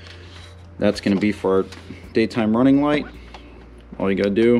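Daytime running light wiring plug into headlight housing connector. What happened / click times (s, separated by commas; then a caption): Plug handled but not yet seated; no seating click heard / none. Someone talks while the daytime running light wiring plug on the back of an aftermarket Morimoto XB LED headlight for a 2014–2022 Toyota 4Runner TRD Pro is handled toward its mating connector on the headlight housing. A brief faint tap sounds at 3.4 s between phrases of speech. Nothing has seated or clicked yet.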